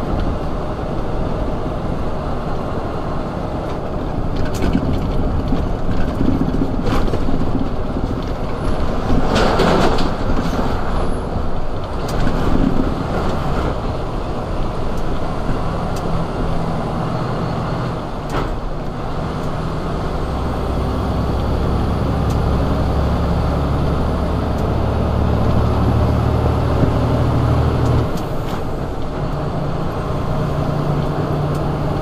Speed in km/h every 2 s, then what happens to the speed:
63, 61, 58, 50, 48, 47, 47, 45, 45, 47, 50, 53, 55, 56, 58, 60.
0-7 slows to 48. 7-19 steady at about 47. 19-23 speeds up to 55. 23-32 steady at about 56.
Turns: none.